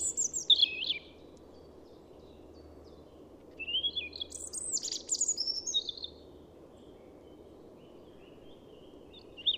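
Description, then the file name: European robin, several high sparkling trills and thin descending notes in short bursts, then a brief final note, over a low constant rumble. "Erithacus rubecula"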